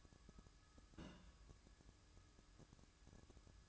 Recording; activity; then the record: daily activity, microphone in the room; place on stove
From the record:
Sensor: 2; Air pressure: 1007.8 hPa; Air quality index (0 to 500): 103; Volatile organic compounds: 1 ppm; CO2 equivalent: 774 ppm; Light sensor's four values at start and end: 6/15/6/6 and 6/15/6/6